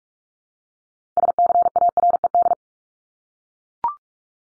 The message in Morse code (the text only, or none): SCARED